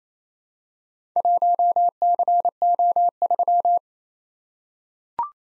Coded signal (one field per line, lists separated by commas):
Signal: Morse code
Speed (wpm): 28 wpm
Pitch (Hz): 700 Hz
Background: none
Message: 1CO3